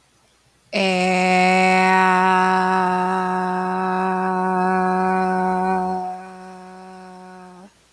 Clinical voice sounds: vowel held as long as possible; female; 30 to 39 years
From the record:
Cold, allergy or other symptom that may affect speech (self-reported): no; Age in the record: 30 years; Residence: Wisconsin, United States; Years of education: 16

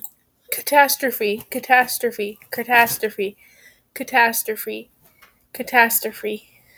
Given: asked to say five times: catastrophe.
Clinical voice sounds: repeated word; female; 20 to 29 years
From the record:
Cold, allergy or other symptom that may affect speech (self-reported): no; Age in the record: 23 years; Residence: Indiana, United States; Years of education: 12

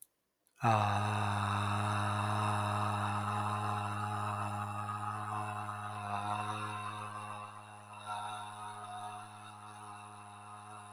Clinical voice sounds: vowel held as long as possible; male; 50 to 59 years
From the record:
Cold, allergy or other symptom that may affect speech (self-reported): no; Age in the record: 50 years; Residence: Michigan, United States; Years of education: 16

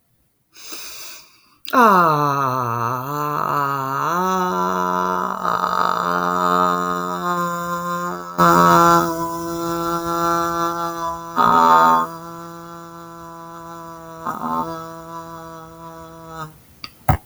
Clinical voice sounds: vowel held as long as possible; female; 30 to 39 years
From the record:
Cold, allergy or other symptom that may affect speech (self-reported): no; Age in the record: 33 years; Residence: Florida, United States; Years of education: 16

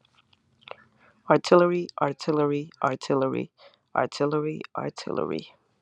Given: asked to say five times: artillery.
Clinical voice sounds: repeated word; female; 20 to 29 years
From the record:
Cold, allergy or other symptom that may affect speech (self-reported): no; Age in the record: 26 years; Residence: Florida, United States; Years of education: 16

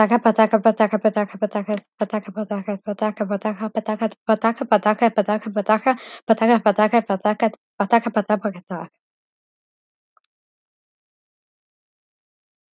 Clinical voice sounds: repeated syllables /pa ta ka/; female; 20 to 29 years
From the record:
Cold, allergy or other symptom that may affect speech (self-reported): no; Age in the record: 21 years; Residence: California, United States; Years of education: 15

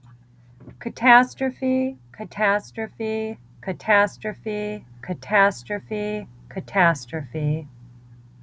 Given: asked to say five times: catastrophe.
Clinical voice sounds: repeated word; female; 40 to 49 years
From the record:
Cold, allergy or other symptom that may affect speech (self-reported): no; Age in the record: 41 years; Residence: New Hampshire, United States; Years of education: 14

